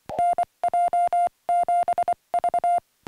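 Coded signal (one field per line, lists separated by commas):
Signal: Morse code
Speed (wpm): 24 wpm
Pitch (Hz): 700 Hz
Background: music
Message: NJ7V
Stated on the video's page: CW Morse from a first-time summit (SOTA) activation on a peak in rural western Wyoming, with a short time on air.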